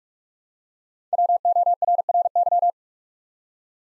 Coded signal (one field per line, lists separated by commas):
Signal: Morse code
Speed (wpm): 44 wpm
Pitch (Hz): 700 Hz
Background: none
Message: WORRY